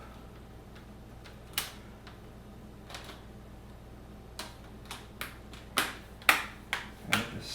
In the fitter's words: back up just snaps